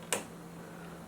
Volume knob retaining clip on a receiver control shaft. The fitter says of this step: there got the nice little click there's a second one so that's why it's not coming out